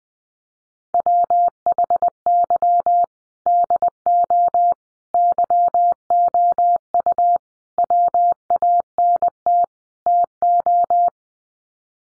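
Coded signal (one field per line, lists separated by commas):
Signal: Morse code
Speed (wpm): 20 wpm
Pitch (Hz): 700 Hz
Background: none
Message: WHY DO YOU WANT TO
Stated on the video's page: Morse practice at 20 wpm: sets of five common English words sent for head-copy, each sent, then spoken, then sent again.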